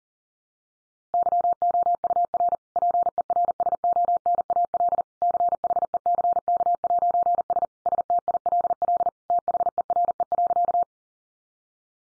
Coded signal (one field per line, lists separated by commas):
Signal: Morse code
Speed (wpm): 40 wpm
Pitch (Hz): 700 Hz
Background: none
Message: YOUR PERSONAL CHECK'S STILL THERE.